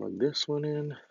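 Someone talks while the second plastic harness connector of a plug-in tuner module is being handled in front of its vehicle wiring connector, ready to be pushed into its mating plug. No click is heard, and nothing has seated or clicked yet.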